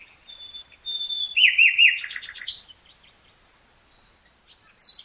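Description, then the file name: Common nightingale song opening with a thin sustained whistle, then three rising-falling notes and a rapid rattling burst, followed by a short pause and a high note. "Luscinia megarhynchos"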